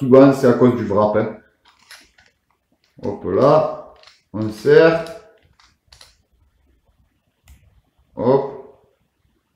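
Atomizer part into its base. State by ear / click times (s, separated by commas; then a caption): seated / 5.9 s. Someone talks while reassembling a cleaned Tauren Max rebuildable vape atomizer, tightening the atomizer part into its base with a little extra force. A short, sharp click is heard at 5.9 s as the part seats home.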